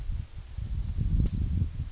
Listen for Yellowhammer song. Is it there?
yes